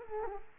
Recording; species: mosquito wingbeat signal from an infrared sensor; Culex quinquefasciatus